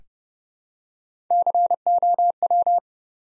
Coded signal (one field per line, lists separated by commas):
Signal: Morse code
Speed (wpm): 29 wpm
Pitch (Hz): 700 Hz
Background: none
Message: COW